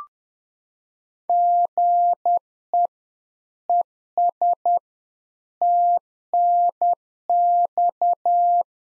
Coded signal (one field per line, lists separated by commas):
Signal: Morse code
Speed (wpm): 10 wpm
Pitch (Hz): 700 Hz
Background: none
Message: GE ES TNX